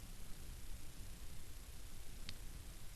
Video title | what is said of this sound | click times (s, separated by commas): Motorcycle Fork Seal Rebuild Part 2 (of 2) Cartridge Type | ahead and use your seal driver again and you can actually hear it snap. | 2.3 s